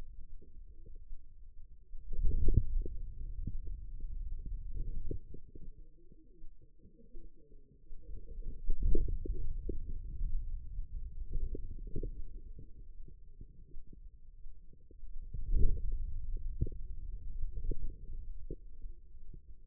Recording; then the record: forearm muscle sounds (acoustic myography)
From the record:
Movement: hand closing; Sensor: system 2, bracelet of six BSWA MPA416 microphones around the upper forearm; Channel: 4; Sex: female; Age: 25 years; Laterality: right